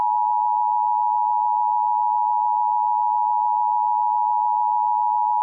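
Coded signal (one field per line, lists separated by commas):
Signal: Emergency Alert System (SAME) tones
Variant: 853 and 960 Hz attention tone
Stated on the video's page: Fictional simulated EAS scenario alert.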